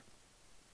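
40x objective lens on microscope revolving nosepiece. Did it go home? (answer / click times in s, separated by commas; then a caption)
no / none. A 40x objective lens on a microscope's revolving nosepiece is carefully rotated toward position, producing a soft, steady noise with faint rustling. Nothing has clicked or seated yet.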